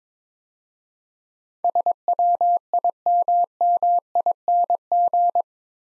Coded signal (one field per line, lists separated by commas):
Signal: Morse code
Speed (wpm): 22 wpm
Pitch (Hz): 700 Hz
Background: none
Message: SWIMMING